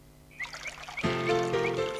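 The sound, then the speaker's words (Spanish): Water pours in a steady hiss that begins softly, then swells into a fuller, louder rushing stream partway through and keeps flowing without pause. No one speaks. “Eso está echando agua aquí.”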